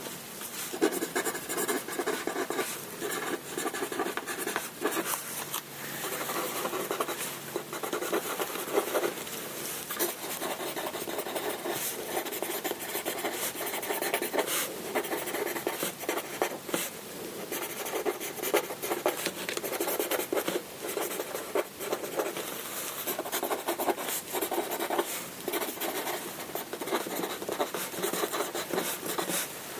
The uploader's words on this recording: Paper & Writing ASMR: Let the Soothing Sound of Writing Relax You. Listen to pages turning, papers shuffling, and writing with a pencil. Soothing ASMR sounds of paper and writing.